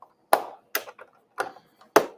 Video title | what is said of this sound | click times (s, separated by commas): "Crossdeck" Episode 29 - LIVE Arcade1Up Pinball 32" Monitor Mod (Part 1) | You can hear the popping, which is a good sign. | 0.3 s, 0.8 s, 2.0 s